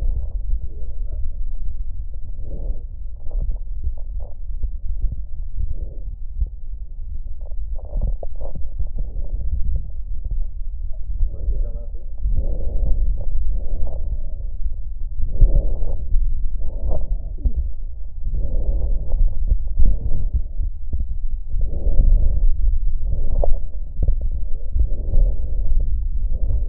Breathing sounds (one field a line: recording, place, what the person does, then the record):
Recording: lung sounds by stethoscope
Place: left posterior apical chest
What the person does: quiet breathing, then deep breathing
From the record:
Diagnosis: COPD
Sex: female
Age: 80 years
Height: 160 cm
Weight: 62 kg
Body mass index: 24.2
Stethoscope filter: extended mode